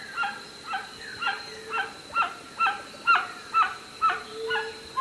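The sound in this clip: White-winged guan calls: a steady series of short, harsh, honking notes, about two each second, with a faint steady high hum behind.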